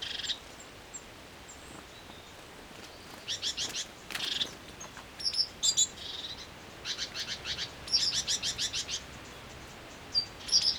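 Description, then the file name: Great tit giving harsh, buzzy chattering calls in short bursts of rapid repeated notes, with thin high whistles and steady background hiss. "Parus major"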